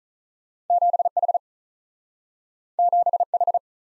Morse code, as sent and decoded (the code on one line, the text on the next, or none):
--... / .... / --... / ....
7 H 7 H